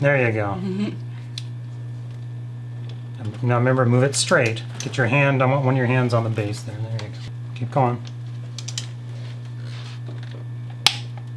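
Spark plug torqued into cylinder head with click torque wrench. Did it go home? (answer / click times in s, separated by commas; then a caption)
yes / 10.9 s. A freshly installed spark plug is tightened into the cylinder head of a Jeep XJ 4.0L to 27 ft-lb with a click-type torque wrench, held straight with one hand on its base, while someone talks over a steady low hum. After a few light ticks, the wrench gives a sharp click at 10.9 s as it reaches its setting, confirming the plug is torqued.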